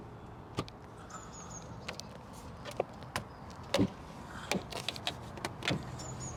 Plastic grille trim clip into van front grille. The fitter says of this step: you know when it's in cuz you hear the The Click